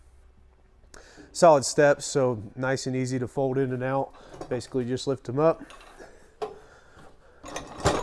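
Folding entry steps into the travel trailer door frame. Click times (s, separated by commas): 6.4 s, 7.6 s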